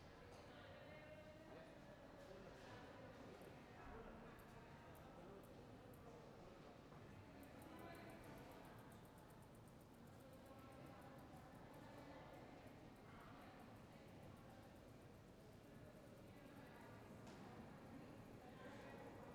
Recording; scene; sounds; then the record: everyday scene through a hearing-aid microphone; reverberant space; background noise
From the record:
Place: railway station hall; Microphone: behind the ear, right, front